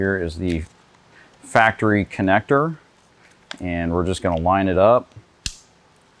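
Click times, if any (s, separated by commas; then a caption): 5.5 s. The Sony wiring harness plug attached to a Sony DSX-M80 head unit is lined up with the factory connector on a 1998–2013 Harley-Davidson Touring motorcycle and pushed together firmly. Someone talks, then a single sharp snap comes at 5.5 s. The connector is seated.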